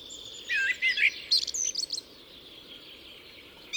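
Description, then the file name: Common blackbird song: a short burst of warbled, slurred notes in the first two seconds, then quiet. "Turdus merula"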